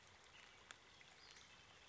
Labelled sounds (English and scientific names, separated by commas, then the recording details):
Western Flycatcher (Empidonax difficilis)
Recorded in Sonoma County, California